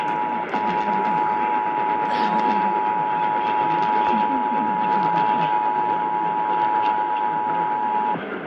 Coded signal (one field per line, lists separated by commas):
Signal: Emergency Alert System (SAME) tones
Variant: 853 and 960 Hz attention tone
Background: speech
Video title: (EAS #15-16) Utah Required Monthly Test 10-28-2022